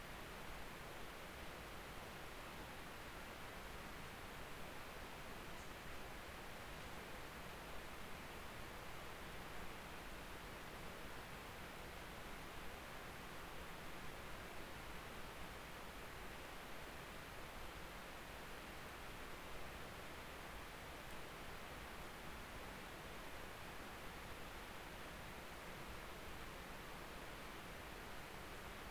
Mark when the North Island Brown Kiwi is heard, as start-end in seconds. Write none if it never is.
none